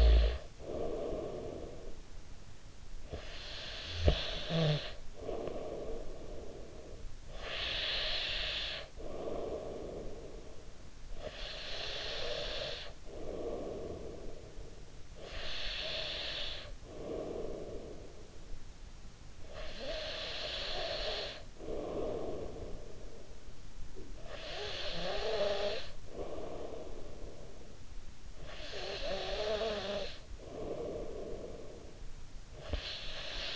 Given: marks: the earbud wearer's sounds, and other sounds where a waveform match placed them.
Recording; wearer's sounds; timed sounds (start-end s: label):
sounds in sleep by an in-ear microphone; snoring breath, breath
0.00-2.34 s: snoring breath
2.63-7.03 s: snoring breath
7.03-14.75 s: breath
15.09-23.27 s: breath
23.87-27.59 s: snoring breath
28.12-32.30 s: snoring breath
32.30-33.56 s: breath